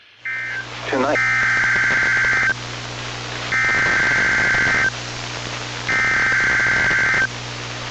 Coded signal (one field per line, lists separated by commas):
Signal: Emergency Alert System (SAME) tones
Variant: header bursts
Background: speech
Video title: Your average NWR Weekly Tests (EAS #1117-#1128)